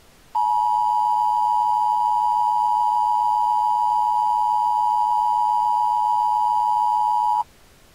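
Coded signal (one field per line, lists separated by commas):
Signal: Emergency Alert System (SAME) tones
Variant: 853 and 960 Hz attention tone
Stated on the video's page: Fictional EAS scenario, a simulated alert.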